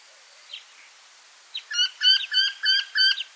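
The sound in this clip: Eurasian wryneck calling a quick run of six nasal, slightly wavering notes over faint background hiss.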